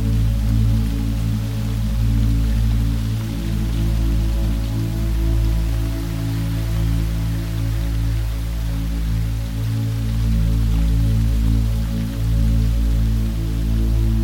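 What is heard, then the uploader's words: Rain falls steadily throughout, a dense, even hiss of drops spread across the whole clip. Underneath runs a strong low hum made of steady tones, with soft dips in the deep rumble every two seconds or so, while the rain stays constant. 432hz Binaural Healing Sleep Music with Rain Sounds. Mixed with the soothing sound of rain.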